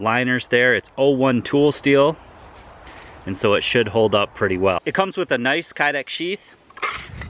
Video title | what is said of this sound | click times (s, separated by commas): Justifier Knives Courageous Chopper Review | knife slides right in and clicks into place | 7.2 s